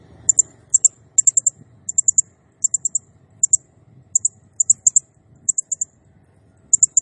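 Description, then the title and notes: Blue-crowned hanging parrot song: very high, sharp ticking notes in quick clusters of two to four, repeated steadily over a low rumbling background. Serindit in gacor condition, 'nembak' (rapid shooting) song style, used as a masteran training sound and lure for other birds. "Burung Serindit Nembak Gacor Bikin Emosi Semua Burung. Suara Nasteran Dan Pemikat Burung Serinditan Gacor"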